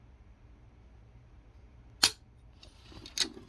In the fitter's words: there's the click